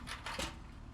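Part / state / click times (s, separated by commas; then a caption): folding steel leg into the welding table frame lock / seated / 0.3 s. A folding welding table's steel leg is swung out and locks into the table frame. A broadband metallic clack is heard at 0.3 s, followed by a second burst near 0.4 s, over steady low background noise. The leg is seated and locked in place.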